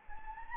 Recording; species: mosquito wingbeat signal from an infrared sensor; Anopheles gambiae